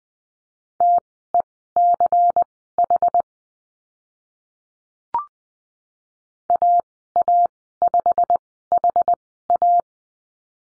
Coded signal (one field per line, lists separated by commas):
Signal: Morse code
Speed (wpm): 20 wpm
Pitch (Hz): 700 Hz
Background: none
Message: TECH AA5HA